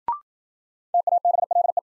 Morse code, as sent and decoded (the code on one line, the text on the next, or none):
- .- -... .-.. .
TABLE